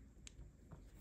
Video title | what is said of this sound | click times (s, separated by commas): How to Move Flex Sensor Ground wire in sloppy PNP harnesses | that easy you'll hear a click | 0.3 s